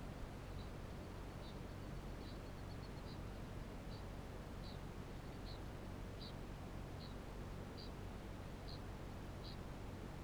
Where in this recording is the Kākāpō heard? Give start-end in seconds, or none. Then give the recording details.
0.00-10.23. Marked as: faintness 4/5. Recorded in New Zealand. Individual Barnard